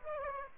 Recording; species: mosquito wingbeat signal from an infrared sensor; Aedes aegypti